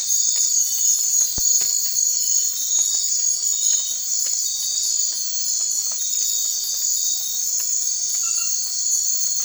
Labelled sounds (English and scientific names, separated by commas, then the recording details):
none
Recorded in secondary vegetation near Puerto Asís, Putumayo, Colombia, on 12 March 2025 at 01:30
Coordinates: 0.499, -76.323
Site G094